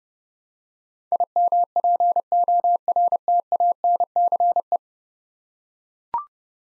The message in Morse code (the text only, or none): IMPORTANCE